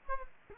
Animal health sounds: mosquito wingbeat signal from an infrared sensor; Culex quinquefasciatus

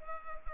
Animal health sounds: mosquito wingbeat signal from an infrared sensor; Culex pipiens

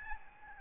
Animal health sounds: mosquito wingbeat signal from an infrared sensor; Aedes albopictus

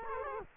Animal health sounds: mosquito wingbeat signal from an infrared sensor; Culex quinquefasciatus

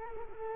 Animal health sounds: mosquito wingbeat signal from an infrared sensor; Culex quinquefasciatus

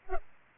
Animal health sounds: mosquito wingbeat signal from an infrared sensor; Aedes albopictus

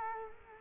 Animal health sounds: mosquito wingbeat signal from an infrared sensor; Culex quinquefasciatus

